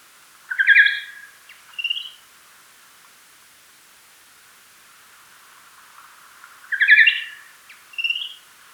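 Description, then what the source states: Nathusius's pipistrelle social calls in two bouts about six seconds apart, each a stuttering multi-harmonic trill then a brief higher buzzy note, with quiet hiss between. Social calls, recorded at Hostens on 6 May 2016.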